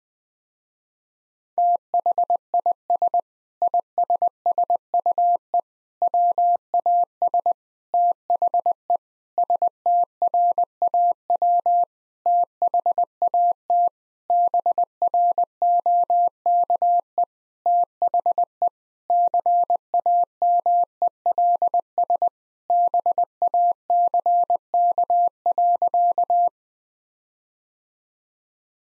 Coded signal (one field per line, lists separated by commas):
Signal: Morse code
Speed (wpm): 20 wpm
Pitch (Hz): 700 Hz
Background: none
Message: THIS ISSUE WAS THE STRAW THAT BROKE THE CAMELS BACK.